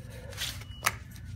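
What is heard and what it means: A front/back bar on a cardboard shelf display is pushed into the side panel at the other end. It gives a sharp snap at 0.9 s as it seats and is trapped in the middle, over a low background hum, followed by a faint soft tap around 1.2 s.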